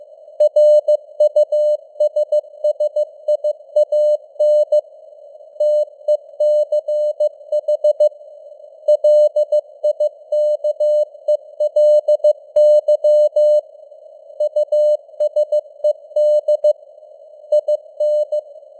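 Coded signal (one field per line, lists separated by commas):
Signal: Morse code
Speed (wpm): 15 wpm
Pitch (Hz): 600 Hz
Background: none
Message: RUSSIAN TECH LIKELY USED IN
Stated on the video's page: News headlines sent in Morse at 15 wpm with simulated radio noise and varying signal strength (QSB).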